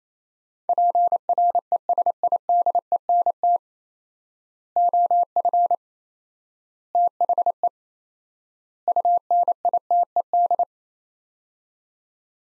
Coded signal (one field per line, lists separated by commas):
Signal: Morse code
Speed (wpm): 28 wpm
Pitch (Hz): 700 Hz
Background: none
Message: PRESIDENT OF THE UNITED